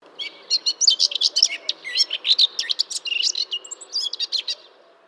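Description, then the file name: Eurasian blackcap song, a dense, fast warble of scratchy and chattering notes running almost without pause for five seconds, high-pitched and varied. "Sylvia atricapilla"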